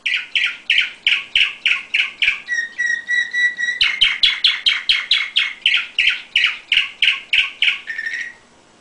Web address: sounds canary canary-sound